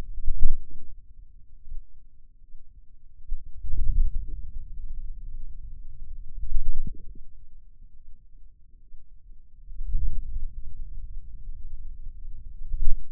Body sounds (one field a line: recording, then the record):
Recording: forearm muscle sounds (acoustic myography)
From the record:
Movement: wrist flexion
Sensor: system 2, bracelet of six BSWA MPA416 microphones around the upper forearm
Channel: 5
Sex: male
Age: 22 years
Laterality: right